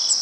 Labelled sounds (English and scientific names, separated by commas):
Cape May Warbler (Setophaga tigrina) flight call